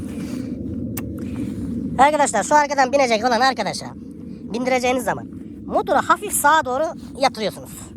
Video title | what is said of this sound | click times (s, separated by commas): ADV 350 DAĞLARDA | şu Tıkırtı benim çok hoşuma gidiyor tık diye bir ses | 1.0 s